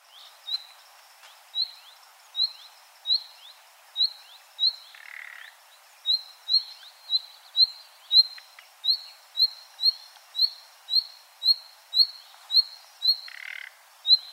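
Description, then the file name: Common nightingale calling steadily, a long series of short upslurred whistles, broken by a couple of low rasping croaks. "Luscinia megarhynchos"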